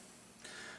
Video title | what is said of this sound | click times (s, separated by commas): Building a PC: Motherboard/CPU installation | what you'll do is you go ahead and lift the lever up you'll hear it pop | 0.5 s